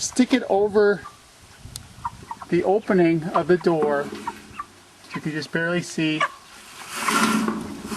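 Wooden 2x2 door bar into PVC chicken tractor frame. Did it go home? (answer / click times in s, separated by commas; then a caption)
no / none. Someone talks while fitting a wooden door panel over the opening of a PVC chicken tractor's coop, handling the wooden 2x2 door bar that locks onto the PVC frame, with brief knocks at about 1.8, 2.1, 2.3 and 7.5 seconds. Nothing has seated or locked in place yet.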